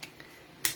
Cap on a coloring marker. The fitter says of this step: and you want to make sure you hear that snap because if you don't hear the snap, that means that